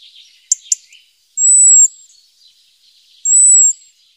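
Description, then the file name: European robin: two sharp ticks, then two sustained thin high whistles about two seconds apart. "Golosa ptic Evropy - Erithacus rubecula - Zaryanka"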